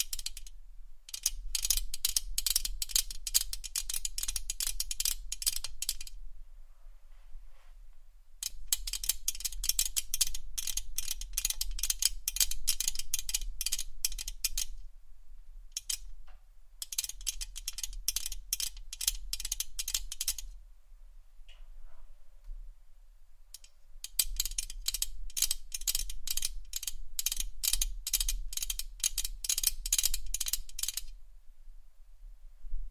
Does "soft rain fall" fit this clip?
no